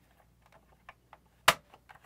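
A plastic cable retainer clip is pressed down into the chassis of a DJI Robomaster S1 robot. A few faint light ticks come first, then one strong, sharp snap at 1.5 s as it seats in place, followed by a few quieter ticks.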